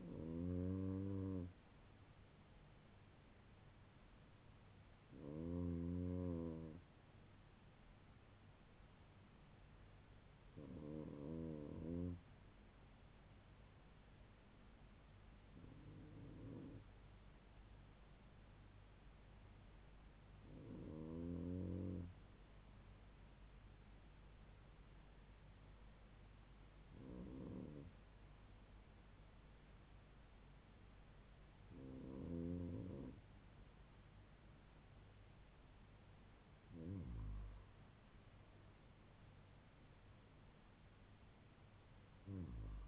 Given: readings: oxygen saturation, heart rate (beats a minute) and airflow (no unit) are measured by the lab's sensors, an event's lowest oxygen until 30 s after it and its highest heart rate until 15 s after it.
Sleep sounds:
breathing in sleep by a voice recorder at the bedside; none
none scored
From the record:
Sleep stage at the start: REM sleep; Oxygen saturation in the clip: 95 to 97%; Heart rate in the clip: 79 to 86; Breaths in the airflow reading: 8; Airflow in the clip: -5.7 to 5.6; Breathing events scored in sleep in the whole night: 158 in 7.3 hours asleep

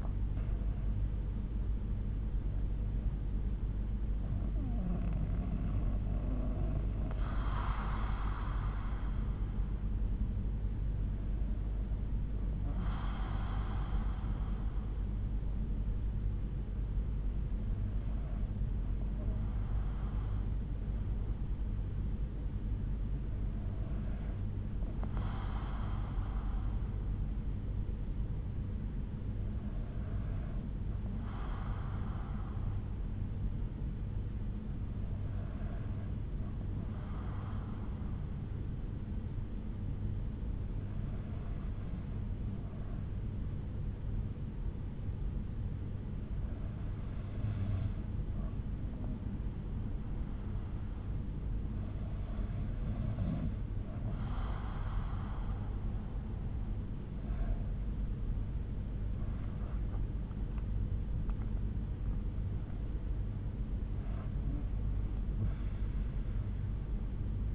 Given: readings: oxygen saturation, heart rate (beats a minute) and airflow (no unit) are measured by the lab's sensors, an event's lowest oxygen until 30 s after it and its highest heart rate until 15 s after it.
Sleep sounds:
breathing in sleep by a smartphone at the bedside; 1
18.00-58.40 s: hypopnea (N2, oxygen 96% highest, then 93% lowest, heart rate 58 at the start, 72 highest)
From the record:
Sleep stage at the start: N2 (light sleep); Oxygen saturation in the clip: 93 to 96%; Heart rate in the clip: 58 to 73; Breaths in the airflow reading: 11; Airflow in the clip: -6.7 to 8.1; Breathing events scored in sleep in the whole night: 368 in 8.0 hours asleep

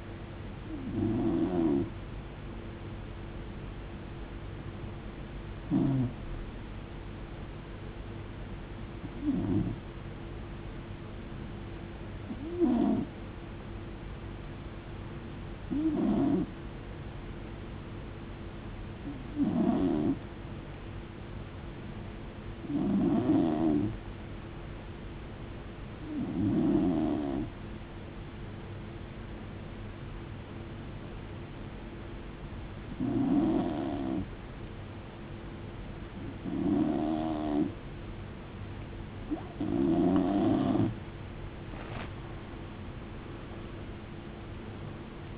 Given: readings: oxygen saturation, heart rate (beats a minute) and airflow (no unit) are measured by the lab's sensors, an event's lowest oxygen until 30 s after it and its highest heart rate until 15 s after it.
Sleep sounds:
breathing in sleep by a voice recorder at the bedside; 1
5.00-40.40 s: hypopnea (N2, oxygen 92% highest, then 84% lowest, heart rate 63 at the start, 82 highest)
From the record:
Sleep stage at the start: N2 (light sleep); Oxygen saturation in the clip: 85 to 92%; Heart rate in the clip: 63 to 80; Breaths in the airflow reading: 13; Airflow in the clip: -15.0 to 15.3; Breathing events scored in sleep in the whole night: 389 in 6.3 hours asleep

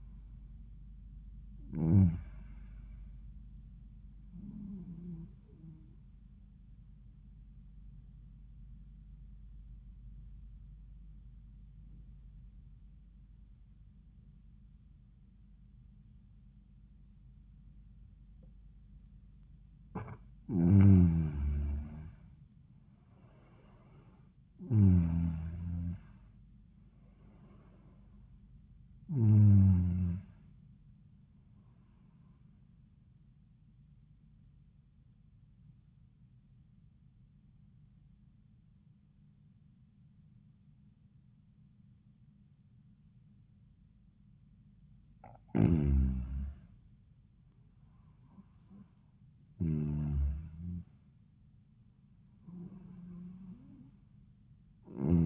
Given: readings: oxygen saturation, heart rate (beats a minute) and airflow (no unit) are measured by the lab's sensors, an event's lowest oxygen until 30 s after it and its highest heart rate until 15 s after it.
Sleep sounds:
breathing in sleep by a smartphone at the bedside; 2
9.00-20.90 s: obstructive apnea (N1, oxygen 95% highest, then 88% lowest, heart rate 84 at the start, 90 highest)
35.00-45.70 s: obstructive apnea (N1, oxygen 96% highest, then 91% lowest, heart rate 80 at the start, 90 highest)
From the record:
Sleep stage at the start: N1 (lightest sleep); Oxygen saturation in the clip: 88 to 96%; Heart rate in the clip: 80 to 90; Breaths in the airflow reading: 7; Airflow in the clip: -17.0 to 17.4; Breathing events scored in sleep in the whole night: 400 in 8.7 hours asleep

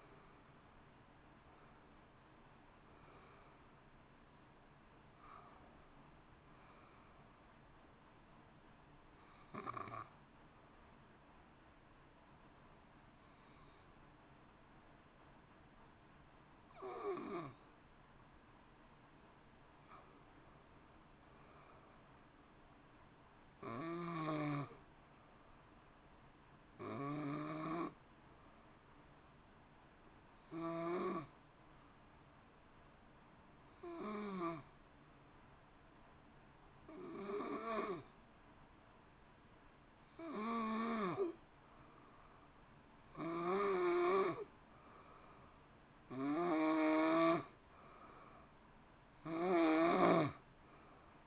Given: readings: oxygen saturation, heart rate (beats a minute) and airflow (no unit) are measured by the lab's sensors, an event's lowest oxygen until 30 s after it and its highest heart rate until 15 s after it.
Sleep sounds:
breathing in sleep by a voice recorder at the bedside; 2
9.00-19.90 s: hypopnea (N1, oxygen 93% highest, then 88% lowest)
18.00-48.00 s: new sleep stage, N2 (light sleep)
29.00-45.30 s: hypopnea (N2, oxygen 91% highest, then 87% lowest, heart rate 56 at the start, 63 highest)
48.00-51.27 s: new sleep stage, N1 (lightest sleep)
From the record:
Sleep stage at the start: N1 (lightest sleep); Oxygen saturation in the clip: 87 to 94%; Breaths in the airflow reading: 16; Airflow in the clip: -1.9 to 3.1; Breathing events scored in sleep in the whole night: 328 in 6.3 hours asleep

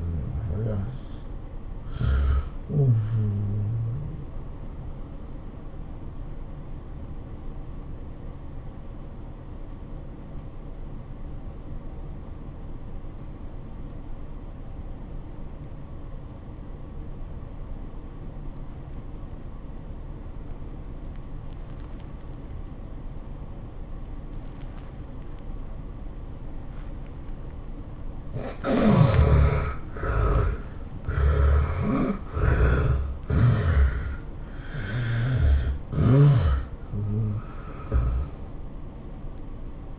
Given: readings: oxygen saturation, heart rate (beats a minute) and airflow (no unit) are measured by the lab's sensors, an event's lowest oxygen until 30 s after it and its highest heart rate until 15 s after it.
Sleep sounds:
breathing in sleep by a smartphone at the bedside; 1
7.00-30.90 s: obstructive apnea (N1, oxygen 97% highest, then 73% lowest, heart rate 94 at the start, 107 highest)
From the record:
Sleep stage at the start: N1 (lightest sleep); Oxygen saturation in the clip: 73 to 97%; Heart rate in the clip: 84 to 113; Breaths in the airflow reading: 5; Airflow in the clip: -16.8 to 11.8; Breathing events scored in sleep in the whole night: 403 in 5.5 hours asleep

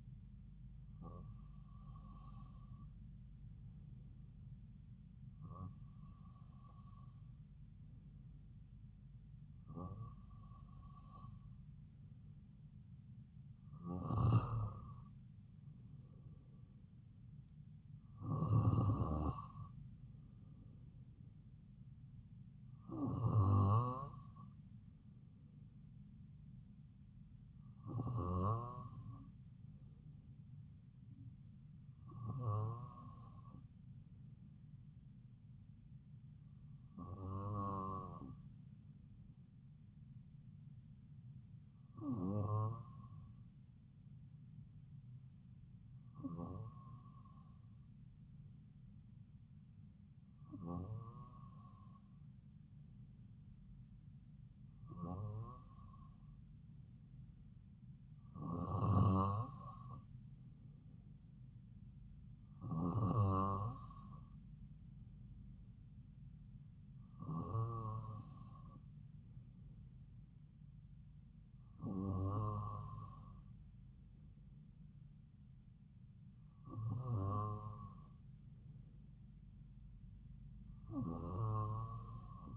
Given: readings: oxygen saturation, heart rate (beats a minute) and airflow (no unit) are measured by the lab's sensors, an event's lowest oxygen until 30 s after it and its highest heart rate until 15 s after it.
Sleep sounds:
breathing in sleep by a smartphone at the bedside; none
none scored
From the record:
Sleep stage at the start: N2 (light sleep); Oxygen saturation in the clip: 94 to 96%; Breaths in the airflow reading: 19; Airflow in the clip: -3.3 to 3.7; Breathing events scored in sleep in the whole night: 270 in 6.1 hours asleep

